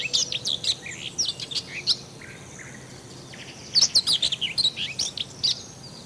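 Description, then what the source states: Common whitethroat singing brisk, scratchy warbling phrases of rapid high notes, two main bursts with softer notes between. Variant song.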